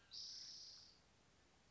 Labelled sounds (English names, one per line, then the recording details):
Spotted Towhee
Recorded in Sonoma County, California